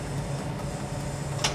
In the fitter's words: claque il est bien clipsé c'est un déverrouillage hydraulique et il est bien maintenu pour la route ouais